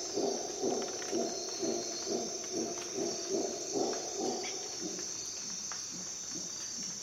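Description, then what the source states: Howler monkey howls as a string of throaty, pulsing roars that ease off after a few seconds, set against a persistent high insect drone. Howler monkeys at dawn in jungle in Costa Rica.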